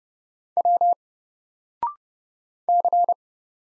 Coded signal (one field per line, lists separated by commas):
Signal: Morse code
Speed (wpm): 30 wpm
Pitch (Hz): 700 Hz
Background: none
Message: W C